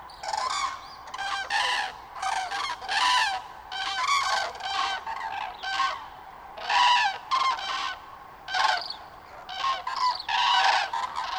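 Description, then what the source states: Common crane trumpeting calls, loud harsh bugling notes in irregular bursts, several birds overlapping. Juvenile and adult cranes, Linum, 20 October 2019.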